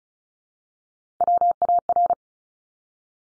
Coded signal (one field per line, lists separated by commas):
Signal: Morse code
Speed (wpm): 35 wpm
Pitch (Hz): 700 Hz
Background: none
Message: WAR